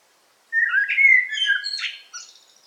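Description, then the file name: Eurasian blackbird delivering one song phrase: mellow, fluty warbling notes that slide into a thin, high twittering flourish at the end. Recorded in a forest on 8 July 2018. "180708 blackbird forest"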